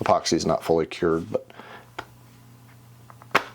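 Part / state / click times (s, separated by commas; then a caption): sunvisor mounting clip into visor sleeve / seated / 3.4 s. Someone talks while the pivot clip of a Ferrari 360/550/575 sunvisor, with its flat side facing up, is pushed into a repaired plastic sleeve in the visor, whose epoxy is not yet fully cured, to fix a floppy visor. After a few faint taps, the clip gives a single sharp snap at 3.4 s as it seats at the correct depth.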